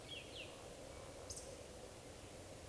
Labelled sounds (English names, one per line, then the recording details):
Eurasian Woodcock whistle
Eurasian Woodcock croak
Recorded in Baden-Württemberg, Germany, on 11 June 2020 at 19:38 UTC
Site 41501, 195 m above sea level